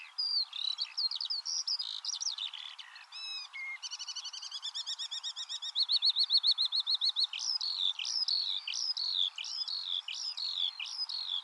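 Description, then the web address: Eurasian skylark in song, varied chirps giving way to fast rattling trills, then a repeated rising-falling whistled phrase. "cianscape birddata Deverinetal 2025 File origin Bird Only Al Ar"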